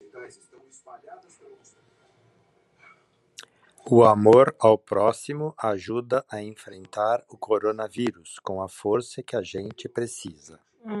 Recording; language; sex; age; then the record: spoken sentence; Brazilian Portuguese; male; 60 to 69 years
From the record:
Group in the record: control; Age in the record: 65 years